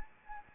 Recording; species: mosquito wingbeat signal from an infrared sensor; Anopheles arabiensis